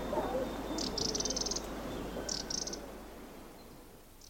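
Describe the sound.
Black-throated bushtit calls: two high, rapid trilled bursts about a second and a half apart, then quiet, over low background noise.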